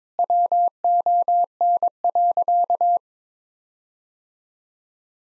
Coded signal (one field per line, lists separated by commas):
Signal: Morse code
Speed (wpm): 22 wpm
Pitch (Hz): 700 Hz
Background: none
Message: WON.